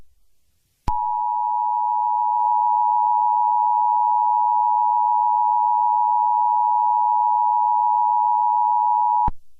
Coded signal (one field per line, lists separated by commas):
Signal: Emergency Alert System (SAME) tones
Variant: 853 and 960 Hz attention tone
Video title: EAS Scenario Halloween: Remastered (Clean)